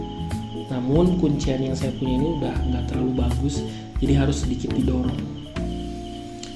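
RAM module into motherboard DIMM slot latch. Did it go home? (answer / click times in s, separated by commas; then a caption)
yes / 6.4 s. Someone talks over background music while the first RAM stick is pushed down into a motherboard DIMM slot whose worn plastic retention latch needs a little push. A short, sharp click at 6.4 s marks the module seating, and the first stick is installed.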